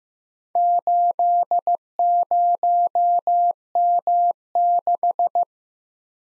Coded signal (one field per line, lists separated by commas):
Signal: Morse code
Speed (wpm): 15 wpm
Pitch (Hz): 700 Hz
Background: none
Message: 80M6